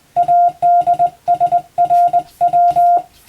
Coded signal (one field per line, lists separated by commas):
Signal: Morse code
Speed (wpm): 20 wpm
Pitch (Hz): 700 Hz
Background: none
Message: ADSRW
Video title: 【Radio operator morse practice】This is a Morse code practice video. There is a morse exam in japan.